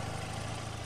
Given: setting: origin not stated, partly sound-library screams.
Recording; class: one-second piece from a danger detection set; normal situation